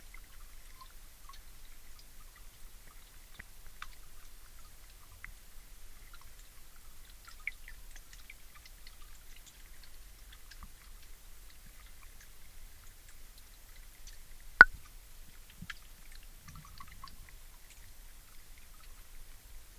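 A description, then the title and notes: Underwater in a marsh, a quiet, steady low rumble fills the background while faint clicks and ticks scatter irregularly throughout. A single sharp, loud snap stands out near the fifteen-second mark, with a few softer pops around seven and seventeen seconds. An underwater recording in the Marais de Jette.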